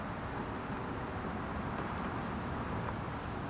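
A plastic LED sidemarker wiring connector is handled and lined up with the harness plug on a 2019 Mustang GT. Only steady broadband background noise with faint handling sounds is heard. Nothing has clicked or seated yet.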